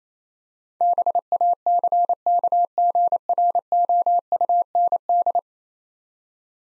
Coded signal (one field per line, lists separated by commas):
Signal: Morse code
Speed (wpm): 28 wpm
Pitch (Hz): 700 Hz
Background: none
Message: BACKGROUND